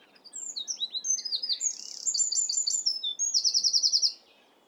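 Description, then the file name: Wren song: a vigorous, rapid string of high warbling notes and rattling trills, ending in a fast, bright trill after about four seconds; faint steady hiss beneath. "Wren singing"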